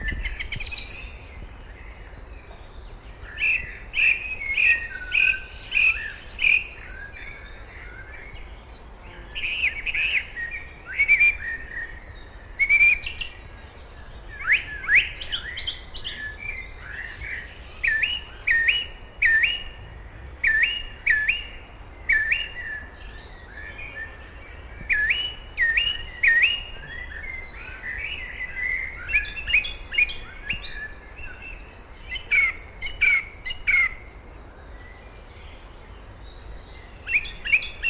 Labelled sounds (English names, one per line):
Song Thrush song